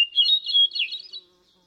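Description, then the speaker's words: Hermit thrush song phrase: a brief clear note followed by a rapid, fluttering series of high tones. "Analysis of slowed-down hermit thrush songs revealed that they had a harmonic structure that was similar to human music"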